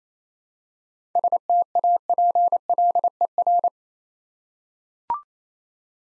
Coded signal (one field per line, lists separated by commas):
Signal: Morse code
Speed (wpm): 27 wpm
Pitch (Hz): 700 Hz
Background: none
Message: STAPLER